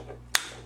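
A plastic toy part on the second side of a Transformers Revenge of the Fallen Leader Optimus Prime figure is slid into a mounting hole on the figure. A single sharp click sounds at 0.4 s over a faint, steady low hum. The part seats in place.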